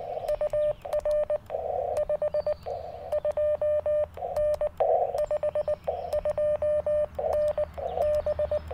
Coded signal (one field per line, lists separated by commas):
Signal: Morse code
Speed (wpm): 19 wpm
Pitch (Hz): 1800 Hz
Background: none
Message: UR 52N 52N B